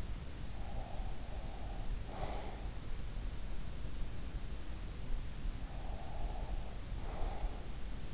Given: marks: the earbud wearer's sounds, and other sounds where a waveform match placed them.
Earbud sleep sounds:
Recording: sounds in sleep by an in-ear microphone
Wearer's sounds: breath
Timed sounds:
0.29-2.85 s: breath
5.26-8.14 s: breath

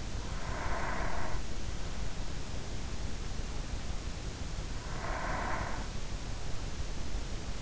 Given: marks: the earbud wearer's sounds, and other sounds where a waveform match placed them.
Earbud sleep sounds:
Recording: sounds in sleep by an in-ear microphone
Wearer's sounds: breath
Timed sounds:
0.00-1.47 s: breath
4.49-6.26 s: breath

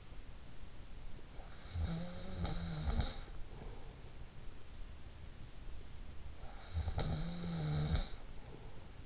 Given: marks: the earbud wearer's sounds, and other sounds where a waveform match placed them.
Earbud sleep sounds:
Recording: sounds in sleep by an in-ear microphone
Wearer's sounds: snoring breath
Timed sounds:
1.58-4.01 s: snoring breath
6.45-9.06 s: snoring breath

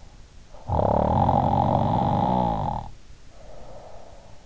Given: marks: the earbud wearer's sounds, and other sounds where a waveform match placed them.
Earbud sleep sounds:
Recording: sounds in sleep by an in-ear microphone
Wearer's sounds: snoring breath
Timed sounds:
0.42-4.42 s: snoring breath

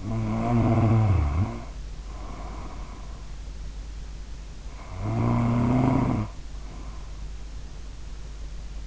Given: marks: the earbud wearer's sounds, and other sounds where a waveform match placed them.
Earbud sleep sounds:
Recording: sounds in sleep by an in-ear microphone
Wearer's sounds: snoring breath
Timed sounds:
0.00-3.13 s: snoring breath
4.65-7.27 s: snoring breath

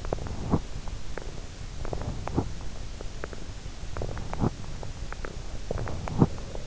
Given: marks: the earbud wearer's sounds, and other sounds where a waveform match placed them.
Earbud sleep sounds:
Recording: sounds in sleep by an in-ear microphone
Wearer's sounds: teeth grinding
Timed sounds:
0.00-0.69 s: teeth grinding
1.59-2.51 s: teeth grinding
3.89-4.72 s: teeth grinding
5.15-5.38 s: teeth grinding
5.62-6.38 s: teeth grinding

